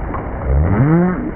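Whale moan, a low tonal sound that bends and rises over about a second, layered with harmonics over a rumbling background.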